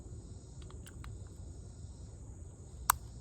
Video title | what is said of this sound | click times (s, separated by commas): Firestar Plus Model 243 | You can hear that click. | 2.9 s